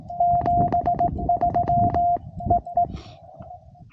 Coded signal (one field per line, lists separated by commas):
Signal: Morse code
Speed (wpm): 17 wpm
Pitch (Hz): 690 Hz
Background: radio noise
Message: 73 EE